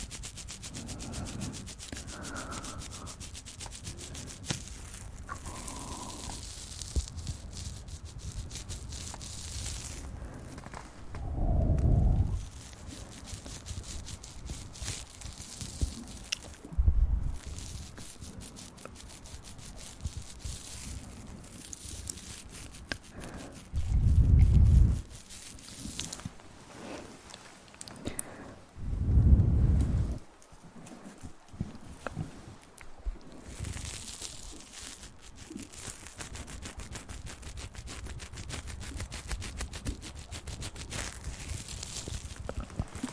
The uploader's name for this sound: Intense Ear Massage & Mouth Sounds